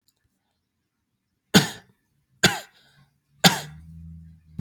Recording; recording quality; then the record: heavy voluntary cough; excellent, no background noise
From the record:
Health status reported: healthy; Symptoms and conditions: none ticked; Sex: male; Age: 34 years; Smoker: not ticked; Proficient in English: yes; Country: United States